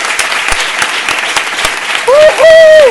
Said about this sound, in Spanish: Bueno, pues nada, vamos a dar también, como no podía ser de otra forma, un saludo y un aplauso